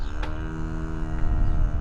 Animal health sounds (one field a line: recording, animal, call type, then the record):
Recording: contact call of a hoofed animal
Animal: cattle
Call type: low-frequency (closed-mouth) or high-frequency (open-mouth) call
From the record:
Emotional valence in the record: negative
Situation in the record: full separation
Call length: 1.81 s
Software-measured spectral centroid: 910 Hz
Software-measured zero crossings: 390 a second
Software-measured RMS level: -23 dBFS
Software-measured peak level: -11 dBFS